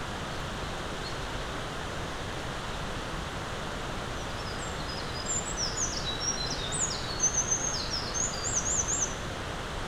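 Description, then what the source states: Eurasian wren singing: after a quiet start, a fast burst of piercing high notes builds into rattling trills, ending near the close over constant soft hiss. Recorded 20 April 2026.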